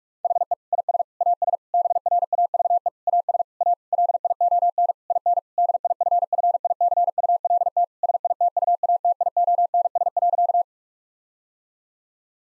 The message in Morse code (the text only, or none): HE IS AS BRAVE AS A LION IN DIFFICULT SITUATIONS.